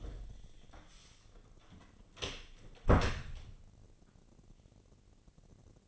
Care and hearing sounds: daily activity, microphone in the room; close door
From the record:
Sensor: 4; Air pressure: 1013.2 hPa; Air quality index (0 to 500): 178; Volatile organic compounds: 2 ppm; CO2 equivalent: 1119 ppm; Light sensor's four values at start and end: 89/223/93/99 and 73/178/75/76

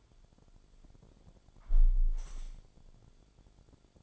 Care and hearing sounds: daily activity, microphone in the room; close window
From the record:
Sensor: 5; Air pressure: 1006.5 hPa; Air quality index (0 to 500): 180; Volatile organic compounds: 5 ppm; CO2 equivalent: 1721 ppm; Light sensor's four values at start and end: 57/161/63/64 and 57/161/63/64

